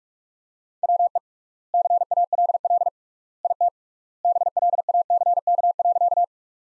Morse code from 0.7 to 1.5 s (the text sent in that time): WE